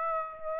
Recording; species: mosquito wingbeat signal from an infrared sensor; Aedes aegypti